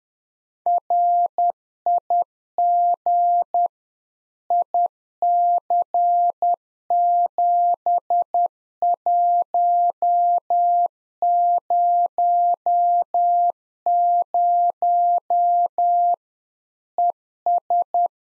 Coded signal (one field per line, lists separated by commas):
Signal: Morse code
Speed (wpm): 10 wpm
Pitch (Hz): 700 Hz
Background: none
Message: RIG IC7100 ES